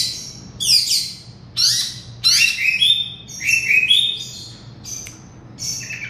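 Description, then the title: Oriental magpie-robin song: clear whistled phrases, each opening with a sharp downward sweep, followed by shorter warbled notes and brief gaps. Singing (kicau). "Kicau Kacer"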